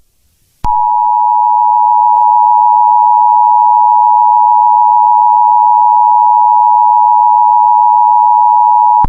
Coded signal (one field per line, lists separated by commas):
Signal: Emergency Alert System (SAME) tones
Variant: 853 and 960 Hz attention tone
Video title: EAS Scenario: Second Titanomachy